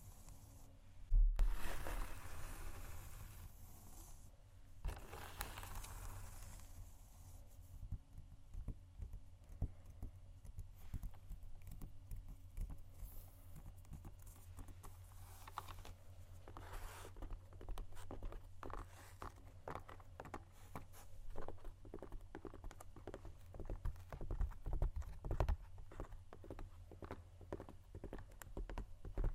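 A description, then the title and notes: Shoes scrape and tap on a hard floor, with a loud scuff just after the start and a longer dragging scratch around five seconds. After that come dense, irregular clicks and light taps, over a steady low hum that runs throughout. ASMR Shoes Scratching & Tapping（No Talking）.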